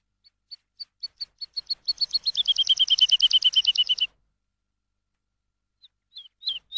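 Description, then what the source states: Lark song: spaced high notes speed up into a rapid, buzzy trill for about two seconds, stop abruptly, then a few sharp chirps follow after a pause. Lark song used for training songbirds.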